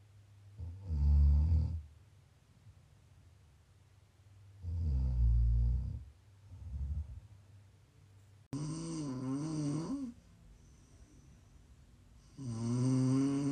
Please enjoy some prime ASMR snoring. You can listen to sleep, to relax, to wind down.